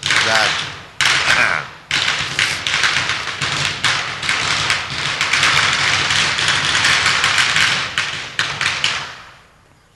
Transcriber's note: firecracker noise